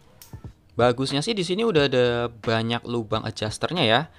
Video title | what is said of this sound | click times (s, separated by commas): ALBA 500RB PALING PERFECT‼️Review Jam Tangan ALBA LUMIBRITE AXND57X1 | jadi kalau mau buka tinggal congkel aja Dan kalau mau ngunci cukup ditekan Sampai bunyi klik | 0.2 s